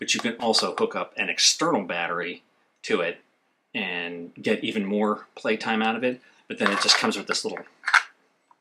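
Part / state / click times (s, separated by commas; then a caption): plastic battery-lead protector cover onto the battery mount of a camera accessory unit / seated / 7.9 s. A small plastic protector cover is pressed onto the battery-mount plate on the back of a newly unboxed camera accessory unit so the battery leads are covered. Someone talks throughout, then a sharp double click at 7.9 and 8.0 seconds marks the cover snapping into place on the battery mount.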